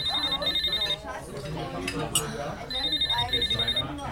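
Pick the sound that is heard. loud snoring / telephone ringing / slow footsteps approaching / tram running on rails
telephone ringing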